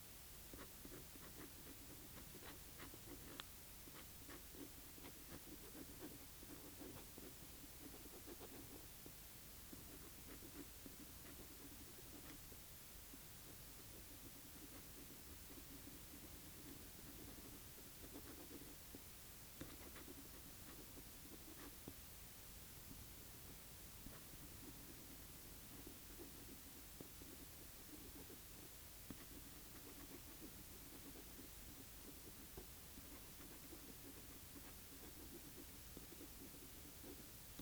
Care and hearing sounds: daily activity, guitar pickup as the sensor; write

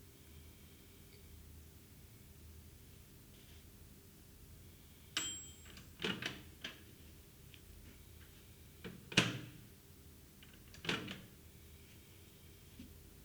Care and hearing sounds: daily activity, guitar pickup as the sensor; use microwave

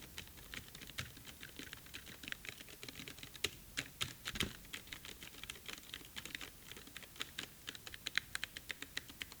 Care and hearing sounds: daily activity, guitar pickup as the sensor; type

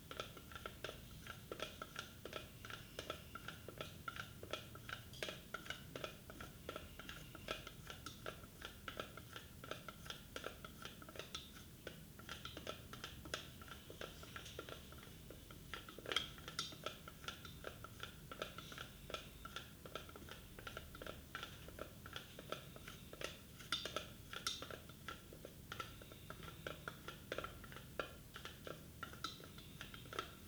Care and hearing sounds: daily activity, guitar pickup as the sensor; fry

